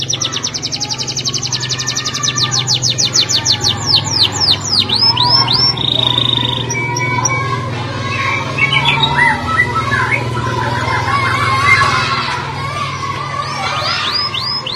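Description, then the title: Canary song: rapid high trills of repeated upswept notes, then varied twittering phrases, over a steady low hum and some mid-pitched background noise. "Kenari"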